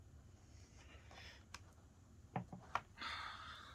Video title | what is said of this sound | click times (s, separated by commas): How To Upgrade RAM Dell Inspiron 15 | go along you'll hear the clicks coming out | 1.5 s, 2.4 s, 2.8 s